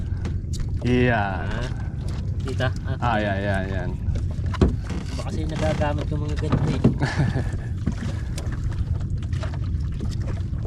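On a boat, a handheld trigger-operated fishing grip tool that works like a gun is handled while people talk. Short handling taps and knocks are heard over steady background noise and wind. The clip ends before the tool's jaws lock closed, so nothing has seated or clicked yet.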